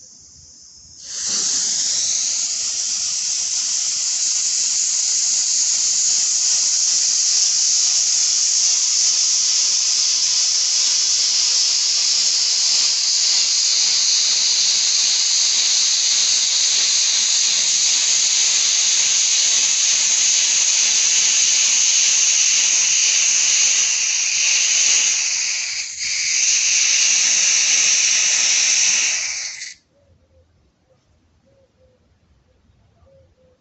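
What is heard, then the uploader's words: A homemade sugar rocket motor fires in a static test, a loud steady hissing roar that starts abruptly around one second and holds nearly constant, bright and rushing. A brief sputter dips it near 26 seconds, then it cuts off sharply at about 30 seconds, leaving quiet. Static test for a diy R-Candy rocket. Fuel: 35% sugar 75% KNO3. Fuse: DIY black powder (15% coal, 10% sulfur, 75% KNO3).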